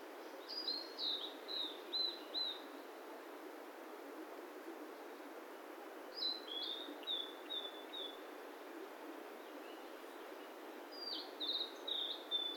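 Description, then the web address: Bird song: three high twittering phrases of quick falling notes, each a few notes long and several seconds apart, over constant background hiss. "yacho koe"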